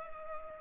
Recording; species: mosquito wingbeat signal from an infrared sensor; Culex pipiens